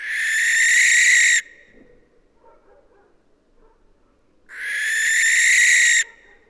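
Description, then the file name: Barn owl giving two long, harsh, hissing screeches, each lasting well over a second, with a few seconds of quiet between them. "Schleiereule - Tyto alba"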